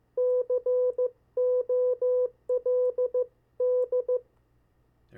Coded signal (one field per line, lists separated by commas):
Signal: Morse code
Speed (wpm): 15 wpm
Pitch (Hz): 500 Hz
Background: none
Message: COLD